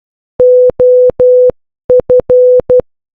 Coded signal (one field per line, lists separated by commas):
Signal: Morse code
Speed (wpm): 12 wpm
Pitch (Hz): 500 Hz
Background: none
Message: OF